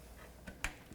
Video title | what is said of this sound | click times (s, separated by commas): LIVE - Computer Build | but I've seated it in there and now I have to push it until it clicks in there | 0.6 s